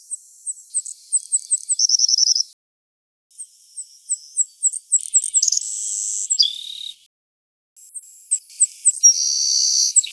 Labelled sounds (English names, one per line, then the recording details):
Savannah Sparrow song
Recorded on Kent Island, New Brunswick, in 2005